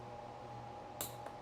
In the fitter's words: yep heard it snap installing LED cable